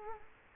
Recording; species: mosquito wingbeat signal from an infrared sensor; Culex quinquefasciatus